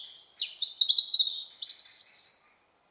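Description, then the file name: European robin song: two quick phrases of thin, high, tumbling whistles and short trills, the second ending in a long, sustained, slightly falling whistle. "Erithacus rubecula"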